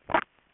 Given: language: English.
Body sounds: throat vibration sensor signal played as sound; swallow

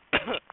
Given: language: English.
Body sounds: throat vibration sensor signal played as sound; cough

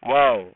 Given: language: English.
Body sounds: throat vibration sensor signal played as sound; speech

